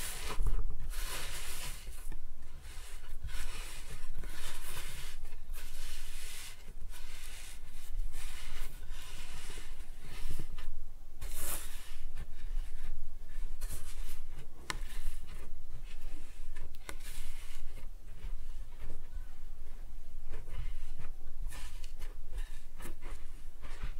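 Kinetic sand being cut and scooped, a steady run of soft gritty crunches and hissy scrapes with no real pauses. Brighter swishing strokes stand out every second or two, with sharper bursts around 11 and 17 seconds over a low rumble.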